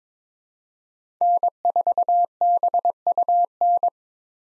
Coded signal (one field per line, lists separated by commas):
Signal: Morse code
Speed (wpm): 22 wpm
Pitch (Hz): 700 Hz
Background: none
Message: N4BUN